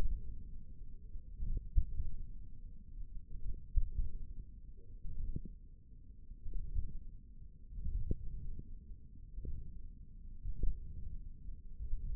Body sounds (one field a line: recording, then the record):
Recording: forearm muscle sounds (acoustic myography)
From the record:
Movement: hook grip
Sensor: system 1, eight BSWA MPA416 microphones around the upper forearm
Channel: 1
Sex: male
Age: 20 years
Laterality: left